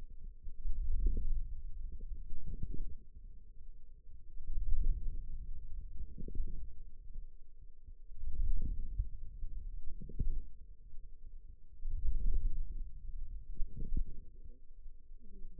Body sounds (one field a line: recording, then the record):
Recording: forearm muscle sounds (acoustic myography)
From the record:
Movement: wrist flexion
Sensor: system 2, bracelet of six BSWA MPA416 microphones around the upper forearm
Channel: 3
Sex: female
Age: 21 years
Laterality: right